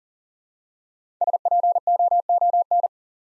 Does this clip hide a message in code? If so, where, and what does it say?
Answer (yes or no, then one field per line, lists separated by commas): yes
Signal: Morse code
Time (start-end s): 1.2-2.9 s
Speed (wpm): 43 wpm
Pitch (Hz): 700 Hz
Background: none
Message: SPOON